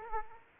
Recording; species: mosquito wingbeat signal from an infrared sensor; Aedes aegypti